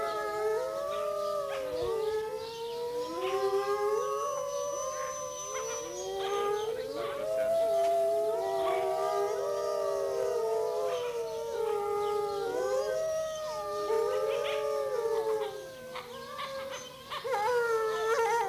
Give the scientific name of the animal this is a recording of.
Canis lupus